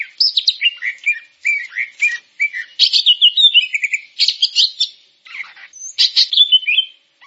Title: Kicau Burung Cucak Jenggot